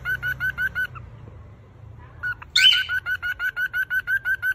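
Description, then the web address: Cockatiel chirping in a fast, steady series of short clipped notes, paused briefly, then resumed after one loud harsh screech. Screams of a female and a male cockatiel. "cockatiel. صدای-جیغ-عروس-هلندی-ماده-و-نر"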